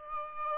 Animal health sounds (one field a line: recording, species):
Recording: mosquito wingbeat signal from an infrared sensor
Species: Aedes albopictus